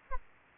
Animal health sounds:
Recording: mosquito wingbeat signal from an infrared sensor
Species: Aedes albopictus

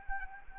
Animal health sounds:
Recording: mosquito wingbeat signal from an infrared sensor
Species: Anopheles arabiensis

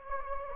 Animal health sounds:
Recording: mosquito wingbeat signal from an infrared sensor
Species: Anopheles gambiae

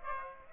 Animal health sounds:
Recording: mosquito wingbeat signal from an infrared sensor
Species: Aedes aegypti

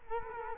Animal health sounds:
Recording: mosquito wingbeat signal from an infrared sensor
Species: Culex quinquefasciatus

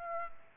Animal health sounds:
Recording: mosquito wingbeat signal from an infrared sensor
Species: Aedes aegypti

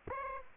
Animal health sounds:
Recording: mosquito wingbeat signal from an infrared sensor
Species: Aedes aegypti

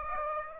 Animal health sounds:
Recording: mosquito wingbeat signal from an infrared sensor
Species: Aedes aegypti

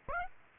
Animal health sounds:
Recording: mosquito wingbeat signal from an infrared sensor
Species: Aedes aegypti

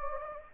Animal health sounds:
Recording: mosquito wingbeat signal from an infrared sensor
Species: Anopheles gambiae

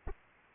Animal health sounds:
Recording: mosquito wingbeat signal from an infrared sensor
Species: Anopheles arabiensis

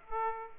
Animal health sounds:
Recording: mosquito wingbeat signal from an infrared sensor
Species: Aedes aegypti

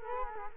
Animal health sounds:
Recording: mosquito wingbeat signal from an infrared sensor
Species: Culex quinquefasciatus

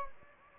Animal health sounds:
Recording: mosquito wingbeat signal from an infrared sensor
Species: Anopheles gambiae

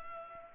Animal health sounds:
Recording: mosquito wingbeat signal from an infrared sensor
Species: Culex pipiens

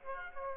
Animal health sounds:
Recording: mosquito wingbeat signal from an infrared sensor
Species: Aedes aegypti

